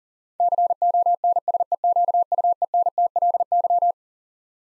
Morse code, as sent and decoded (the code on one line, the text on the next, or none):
-.-. --- -. ... . --.- ..- . -. - .-.. -.--
CONSEQUENTLY